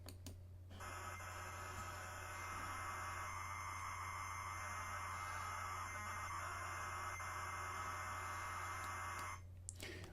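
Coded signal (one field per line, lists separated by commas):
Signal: ZX Spectrum tape loading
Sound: about nine seconds of harsh, dense buzzing screech with a steady high whine underneath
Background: mains hum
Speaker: like the the spectrum data that's loading and if we press shift and play to loop it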